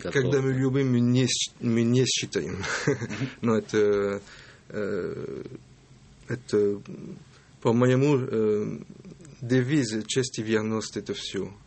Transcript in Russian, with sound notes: Когда мы любим, мы не считаем. (смеется) Но, по-моему, девиз «Честь и верность» - это все.